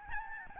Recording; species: mosquito wingbeat signal from an infrared sensor; Aedes albopictus